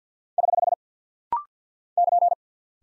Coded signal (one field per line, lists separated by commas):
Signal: Morse code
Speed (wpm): 50 wpm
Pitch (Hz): 700 Hz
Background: none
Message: <HH> <KN>